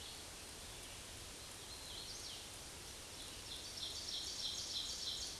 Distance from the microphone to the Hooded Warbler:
about 75 m